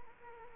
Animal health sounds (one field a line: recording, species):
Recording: mosquito wingbeat signal from an infrared sensor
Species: Culex quinquefasciatus